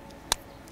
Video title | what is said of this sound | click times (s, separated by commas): Pinsta Instant Camera Field Demo - SCULPTURE (On kickstarter soon) | just clicks right in and we're ready for our second print | 0.3 s